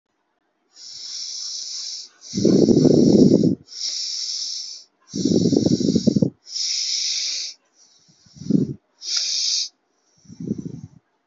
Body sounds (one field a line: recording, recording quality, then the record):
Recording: deep breathing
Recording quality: excellent, no background noise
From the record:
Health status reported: healthy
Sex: male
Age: 22 years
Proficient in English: yes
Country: India